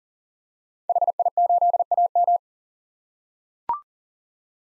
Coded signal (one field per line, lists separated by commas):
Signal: Morse code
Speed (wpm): 40 wpm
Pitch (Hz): 700 Hz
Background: none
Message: HI8AM